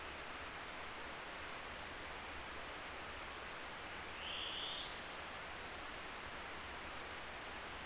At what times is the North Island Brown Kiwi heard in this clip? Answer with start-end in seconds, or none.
none